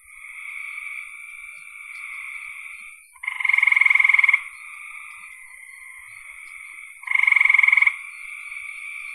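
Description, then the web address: Frog calls: two loud pulsed bursts about four seconds apart over a steady high-pitched trilling chorus. "cn frogs"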